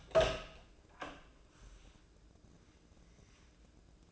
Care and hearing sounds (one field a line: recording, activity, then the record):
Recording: daily activity, microphone in the room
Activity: open door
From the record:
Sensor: 2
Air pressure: 1012.2 hPa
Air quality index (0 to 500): 160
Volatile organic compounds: 2 ppm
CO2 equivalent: 1169 ppm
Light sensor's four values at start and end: 447/1119/455/480 and 449/1125/458/483